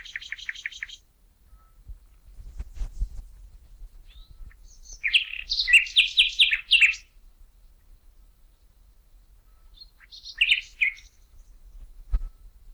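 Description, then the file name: Common nightingale song: a rapid repeated trill, then loud rich phrases of varied chirps and rattles separated by pauses, with low faint rumbles. "Luscinia megarhynchos"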